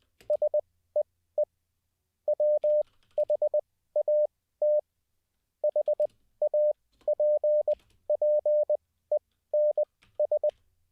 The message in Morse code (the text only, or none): SEE WHAT HAPPENS